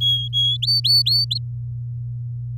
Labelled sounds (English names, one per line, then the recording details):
Domestic Canary song
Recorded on 6 May 2018 at 10:31
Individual llb16